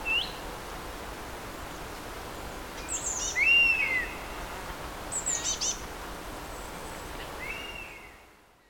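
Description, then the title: European honey buzzard with a brief rising note and a clear falling whistle, and sharp high twitters from other birds over low hiss, fading out at the end. Hides in Finnish forests; winters in southern Africa in eucalyptus plantations, farmland and even Johannesburg parks. "Mehiläishaukka"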